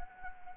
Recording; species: mosquito wingbeat signal from an infrared sensor; Anopheles arabiensis